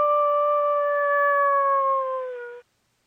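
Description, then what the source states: Coyote howl, a steady tonal note sagging gently lower near its end, lasting about two and a half seconds, with nothing else audible. Call associated with mating.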